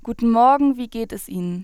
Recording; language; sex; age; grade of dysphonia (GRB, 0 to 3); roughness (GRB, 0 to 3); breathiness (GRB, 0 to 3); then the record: spoken sentence; German; female; 20 to 29 years; 0; 0; 0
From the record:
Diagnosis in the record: healthy voice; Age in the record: 21 years